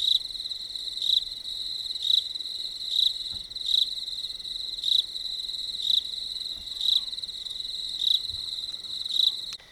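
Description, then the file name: Crickets chirping: a steady high trill with louder pulsed bursts about once a second, about ten across the stretch, with no other clear sounds. Crickets recorded at Marloth Park. "Merlothpark Crickets"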